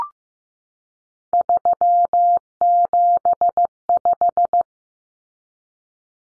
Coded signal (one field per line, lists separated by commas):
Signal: Morse code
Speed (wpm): 15 wpm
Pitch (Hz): 700 Hz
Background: none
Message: 375